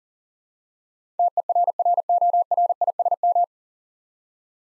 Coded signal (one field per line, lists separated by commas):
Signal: Morse code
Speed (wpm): 40 wpm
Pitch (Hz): 700 Hz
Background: none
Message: TERRORISM